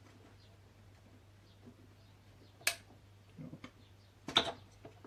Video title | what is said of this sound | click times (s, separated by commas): Démontage culasse 1,4 16s afh polo 86c partie 1 | Une fois qu'on entend le petit clic, c'est que ça vient. | 4.4 s